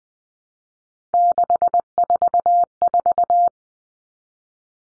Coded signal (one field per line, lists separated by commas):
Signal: Morse code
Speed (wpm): 20 wpm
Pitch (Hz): 700 Hz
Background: none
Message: 644